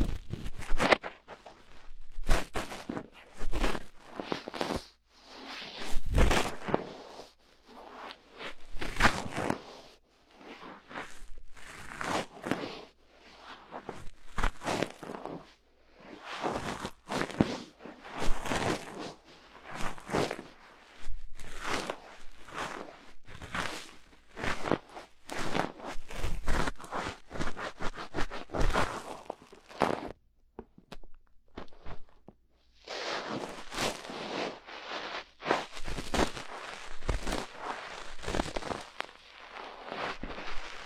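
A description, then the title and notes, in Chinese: A cotton swab works inside an ear, giving dense, scratchy rustles and soft crackling scrapes in quick irregular bursts. Strokes come in clusters with brief pauses, louder thumps near 6 and 26 seconds, and a steadier hissing rub from about 32 seconds to the end. 棉棒掏耳朵。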